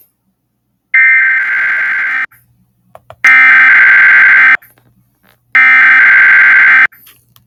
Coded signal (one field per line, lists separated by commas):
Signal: Emergency Alert System (SAME) tones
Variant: header bursts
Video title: EAS Scenario... Nuclear Attack on the United States